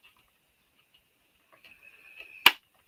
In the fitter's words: There. All right. Now, you hear that click and it has a ratcheting.